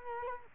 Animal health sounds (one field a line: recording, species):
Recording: mosquito wingbeat signal from an infrared sensor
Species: Culex quinquefasciatus